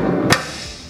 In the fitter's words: locks into place now we have our dual latches here on the front of the arb element fridge